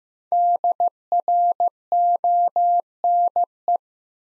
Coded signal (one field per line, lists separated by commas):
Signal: Morse code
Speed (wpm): 15 wpm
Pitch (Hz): 700 Hz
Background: none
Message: DRONE